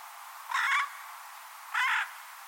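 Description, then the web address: Bird producing two rough, grating calls about a second apart, each lasting roughly a third of a second. Bird only, 2025 bird data. "Deverinetal 2025 File origin Bird Only"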